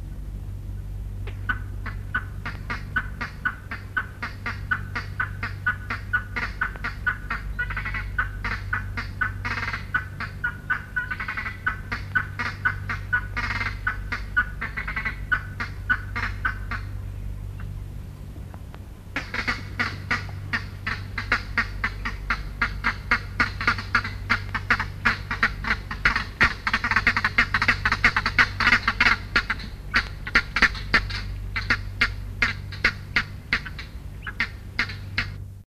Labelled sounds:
Crested Guineafowl call
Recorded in captivity
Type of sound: call
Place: Zoo Augsburg, Bayern, DE
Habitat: river
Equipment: Halbspur, 9,5 cm/s
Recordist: Lütgens, Hans
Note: Rufe

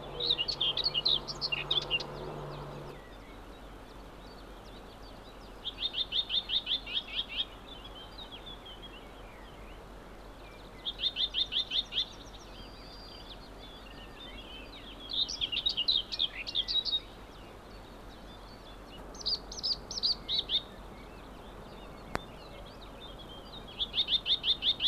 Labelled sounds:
Common Whitethroat song
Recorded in the wild
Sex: male
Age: adult
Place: Spittal an der Drau, Drautal, Kärnten, AT
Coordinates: 46.7917, 13.4958
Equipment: Uher 4000, Philips Mikrofon Type EL 6020, Kopie DAT
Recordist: Brunner, Thomas

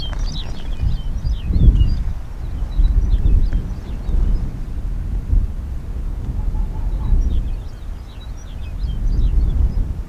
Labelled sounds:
Arctic Fox
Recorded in the wild
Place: Insel Mednyi, Kommandeur-Inseln, RU
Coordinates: 54.5167, 168.083
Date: 1999-07-17
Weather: 6°C, dichter Nebel, starker Südwestwind
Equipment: Sony WM-D6C, Sennheiser ME 80, K 30 AV, Windkorb, Kopie Sony TCD-D8
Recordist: Jakupi, Antje

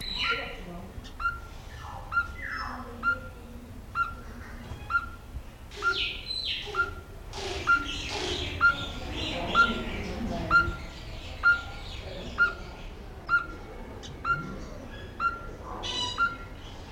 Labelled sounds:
Speckled Tinkerbird call
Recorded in captivity
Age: adult
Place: Zoo Berlin, Berlin, DE
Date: 1994-05-28 11:38
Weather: bedeckt, 12-15°C
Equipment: Marantz CP 430, Sennheiser ME 80, Kopie Uher Variocord 263
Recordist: Tembrock, Günter

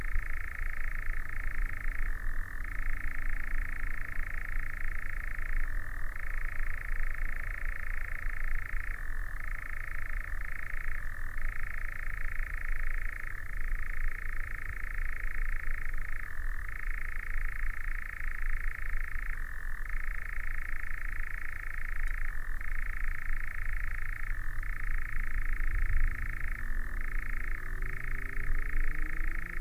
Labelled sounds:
Eurasian Nightjar
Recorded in the wild
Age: adult
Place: Schönow, Naturpark Barnim, Brandenburg, DE
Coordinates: 52.6897, 13.5131
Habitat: heathland
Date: 2007-07-08 22:45
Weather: heiter, 13°C, fast windstill
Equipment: Sound Devices 702, Sennheiser MKH 416 T, Windkorb
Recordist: Frommolt, Karl-Heinz

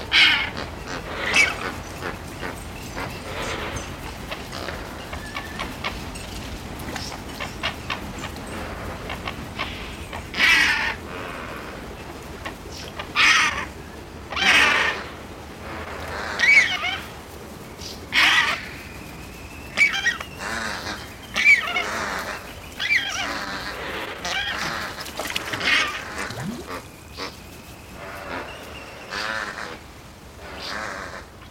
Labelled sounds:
Lesser Flamingo call
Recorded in captivity
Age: adult
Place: Zoo Berlin, Berlin, DE
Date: 1991-10-10
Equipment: Nagra SN, Kopie Tesla B 116
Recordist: Tembrock, Günter

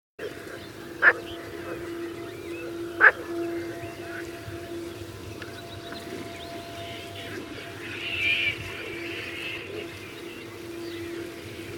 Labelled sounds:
Marsh Frog
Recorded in the wild
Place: Schönfeld, Brandenburg, DE
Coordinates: 53.396, 14.006
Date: 1993-05-17 19:00
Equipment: Nagra III BH, Sennheiser MD 21, parabola
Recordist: Schubert, Michael
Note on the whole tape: Seefrösche

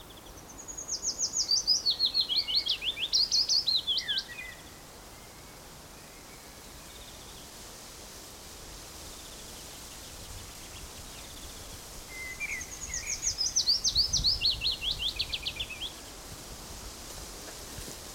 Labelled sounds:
Willow Warbler
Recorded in the wild
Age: adult
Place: Summt, Brandenburg, DE
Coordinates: 52.693, 13.362
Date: 1992-06-14 14:45
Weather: heiter, ca. 23°C
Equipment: Nagra SN, Mikrofon AKG CK 8, Kopie Tesla B 116
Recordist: Tembrock, Günter

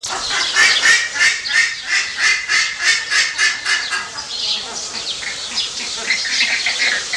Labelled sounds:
Buff-necked Ibis call
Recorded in captivity
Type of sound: call sequence
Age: adult
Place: Zoo Berlin, Berlin, DE
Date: 1987-07-02 11:25
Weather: sunny, 20°C
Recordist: Tembrock, Günter
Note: Brillenibis. Rufreihe

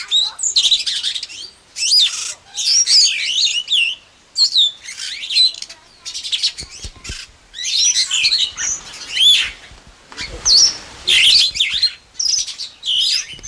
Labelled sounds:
Superb Starling song
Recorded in captivity
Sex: male
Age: adult
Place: Zoo Berlin, Berlin, DE
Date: 1999-09-04 11:58
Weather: sunny, 21°C
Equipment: Sony WM-D6C, Sennheiser ME 80, Kopie Uher 4000 Report Monitor
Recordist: Tembrock, Günter
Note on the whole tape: Gesang, Entfernung ca. 1 m. Stellenweise sehr gute Aufnahmequalität!!! Im zweiten Teil der Aufnahme: Besucherstimmen

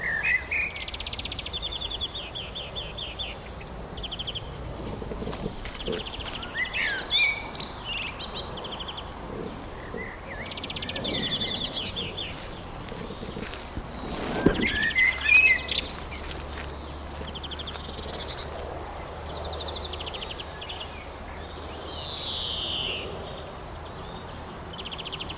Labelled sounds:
European Greenfinch song
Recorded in the wild
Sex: male
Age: adult
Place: Botanische Anlage Blankenfelde, Berlin, DE
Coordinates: 52.603, 13.4
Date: 1996-07-07 19:12
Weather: fair, 18°C
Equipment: Sony MD-WM MZ-R3, Sennheiser MKH 416 T, Kopie Uher 4000 Report Monitor
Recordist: Tembrock, Günter

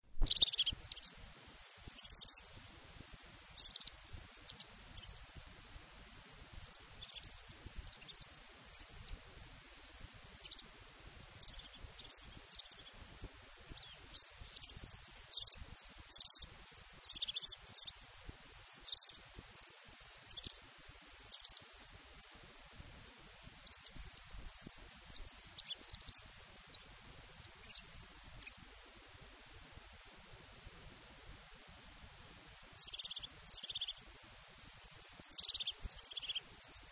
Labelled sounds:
European Crested Tit song
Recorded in the wild
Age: adult
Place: Röttenbach, Bayern, DE
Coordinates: 49.6678, 10.9267
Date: 1964-06-27
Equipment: Vollspur
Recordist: Tretzel, Erwin

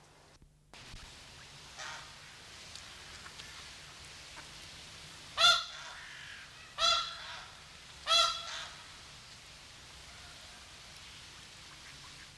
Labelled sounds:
Snow Goose call
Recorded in captivity
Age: adult
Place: Zoo Augsburg, Bayern, DE
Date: 1993-09-04 12:47
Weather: 14°C, bedeckt
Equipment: Marantz CP 430, Sennheiser MKH 416 T, Kopie Uher Variocord 263
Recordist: Tembrock, Günter

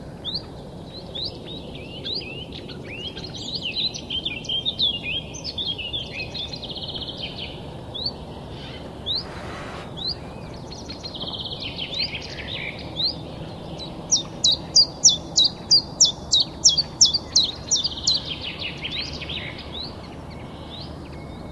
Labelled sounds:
Common Chiffchaff
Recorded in the wild
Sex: male
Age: adult
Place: Schönow, Naturpark Barnim, Brandenburg, DE
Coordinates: 52.6786, 13.5106
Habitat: wetland
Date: 2010-04-18
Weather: fair, 10°C, no wind
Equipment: Sound Devices 702, Sennheiser MKH 70, Rycote Windschutz
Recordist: Frommolt, Karl-Heinz

